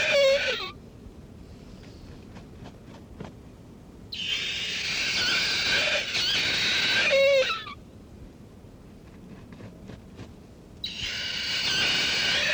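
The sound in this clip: Kakapo producing grating, hoarse screeches in three bursts several seconds apart, with brief downward-bending tails on some calls and quiet background between.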